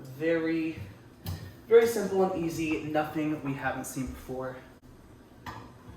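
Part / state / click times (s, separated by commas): animatronic leg pole into base socket / not seated / none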